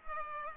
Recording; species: mosquito wingbeat signal from an infrared sensor; Culex pipiens